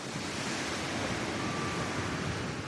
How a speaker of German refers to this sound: Ich stehe am Strand von Village Bay und lausche der Brandung, die die Insulaner jeden Tag im Ohr hatten. Vom Glucksen an Flautentagen bis zum ohrenbetäubenden Tosen bei Orkan.